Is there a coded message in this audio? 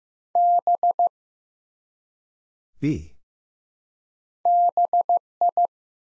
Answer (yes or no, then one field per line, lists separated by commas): yes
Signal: Morse code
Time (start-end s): 0.4-5.7 s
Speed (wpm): 15 wpm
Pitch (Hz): 700 Hz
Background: none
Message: B BI